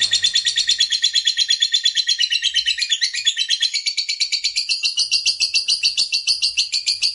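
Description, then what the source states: Lovebird chattering song of high, raspy, fast-pulsed notes, steady and unbroken. Lovebird of fighter type, singing energetically (gacor).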